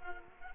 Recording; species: mosquito wingbeat signal from an infrared sensor; Culex quinquefasciatus